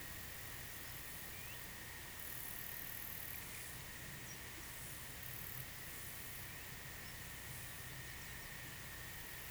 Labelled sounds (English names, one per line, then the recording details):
none
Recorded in pastures near Puerto Asís, Putumayo, Colombia, on 23 June 2025 at 12:00
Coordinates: 0.486, -76.323
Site H29